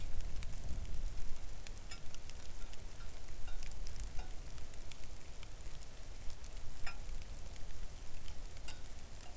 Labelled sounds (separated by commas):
rain